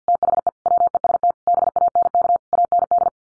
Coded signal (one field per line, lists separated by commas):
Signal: Morse code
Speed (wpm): 50 wpm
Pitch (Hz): 700 Hz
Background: none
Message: THE WEST BANK AND